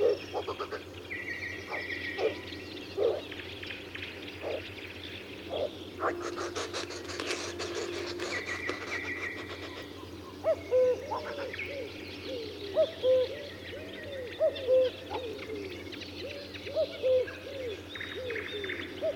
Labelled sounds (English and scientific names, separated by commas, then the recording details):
Common Cuckoo (Cuculus canorus) call
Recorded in the wild
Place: Blankensee, Mecklenburg-Vorpommern, DE
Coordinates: 53.404, 13.221
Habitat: Lake
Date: 1982-05-26 05:30
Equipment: Nagra III BH, Sennheiser MD 21, parabola
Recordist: Schubert, Michael
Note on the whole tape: Zwei Kuckucke streiten sich und fauchen